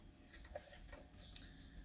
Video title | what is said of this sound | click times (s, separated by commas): G.I. JOE HISS III BUILD | Snaps right into the back. | 1.4 s